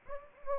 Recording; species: mosquito wingbeat signal from an infrared sensor; Anopheles gambiae